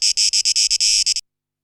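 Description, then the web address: Cicada buzzing in a short series of choppy bursts lasting about a second before silence. Cicadas, 12 August 2023. "rauschpartikel Audio 2023-08-12 Zikaden (Tape Echo Mix)"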